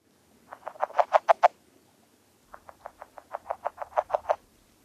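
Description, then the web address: Northern red-legged frog calling: two stuttering series of rapid knocking notes, the first shorter, the second longer with many notes. "Songs of Frogs Toads of North America. Northern Red-legged Frog"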